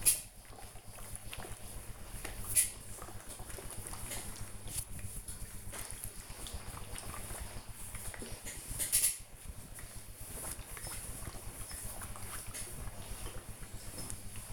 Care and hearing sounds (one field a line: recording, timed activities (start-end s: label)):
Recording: household activities, microphone on the right wrist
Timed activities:
0.00-14.53 s: ironing laundry